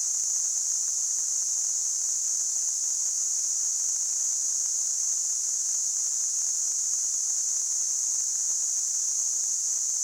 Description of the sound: Tinnitus.